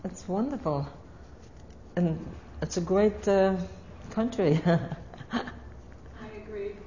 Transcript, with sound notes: It's wonderful. And, it's a great, uh, country. (She laughs.)
I agree.